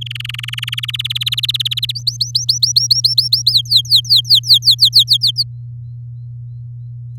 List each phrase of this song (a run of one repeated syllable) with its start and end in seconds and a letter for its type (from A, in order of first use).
0.01-0.86 A, 0.88-1.92 B, 1.95-3.51 C, 3.52-5.43 D